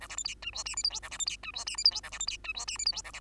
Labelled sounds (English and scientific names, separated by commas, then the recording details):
Bengalese Finch (Lonchura striata domestica) song
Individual Bird2